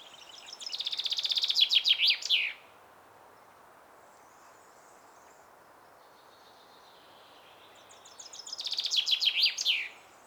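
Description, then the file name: Common chaffinch song: two full phrases separated by a long quiet gap, each a quick run of bright notes that descends and ends in a flourish. "Fringilla coelebs"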